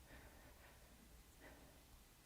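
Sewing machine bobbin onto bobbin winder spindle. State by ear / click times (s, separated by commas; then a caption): not seated / none. A threaded bobbin is handled just before being slid onto the plastic bobbin winder spindle of a Janome M200 QDC sewing machine. The 2.3 seconds are quiet, with only faint low handling rustle and no hits. Nothing has clicked into place on the winder yet.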